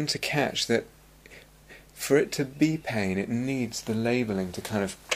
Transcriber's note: none